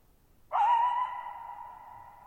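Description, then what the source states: Coyote giving a single call that holds steady, trailing into a long reverberant fade in otherwise quiet surroundings. Lone coyote at night, July 14, 2019, Thirtymile Meadows, Okanogan National Forest (Okanogan High Country), Pacific Northwest, 6400 ft; shallow bowl-shaped meadow with boggy ground, very quiet.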